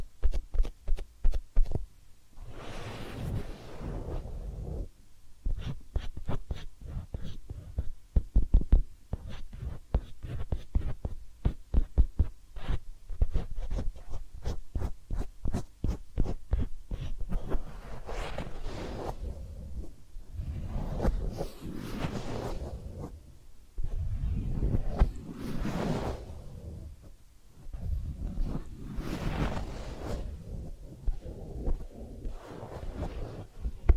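Massage and ear-cleaning sounds: sharp, rapid tapping and scratching clicks run densely through the first half, then give way to slower, broader rubbing swells that come and go every few seconds. A low steady hum sits underneath throughout.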